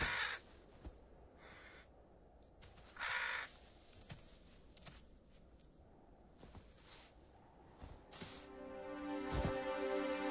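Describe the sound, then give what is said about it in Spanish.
Crows in Navarra, following bearded vultures to get food, give scattered harsh, raspy caws, with one loud burst early on and a run of louder, more tonal calls toward the end, over a steady background hiss. “Los cuervos también están por la zona y siguen minuciosamente los pasos de los quebrantahuesos, con tal de conseguir un poco de comida.”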